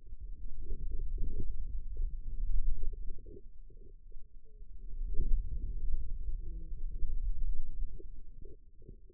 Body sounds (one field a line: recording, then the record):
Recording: forearm muscle sounds (acoustic myography)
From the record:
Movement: wrist extension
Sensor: system 2, bracelet of six BSWA MPA416 microphones around the upper forearm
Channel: 3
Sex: female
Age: 25 years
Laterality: right